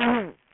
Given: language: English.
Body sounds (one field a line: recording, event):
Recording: throat vibration sensor signal played as sound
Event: throat clearing